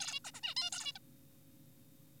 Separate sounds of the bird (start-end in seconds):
0.00-0.20, 0.25-0.31, 0.34-0.41, 0.43-0.54, 0.57-0.70, 0.72-0.92, 0.96-0.99